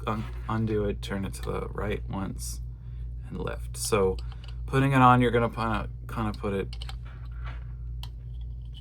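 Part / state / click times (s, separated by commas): decorative topper onto the head of a lightstick / seated / 8.0 s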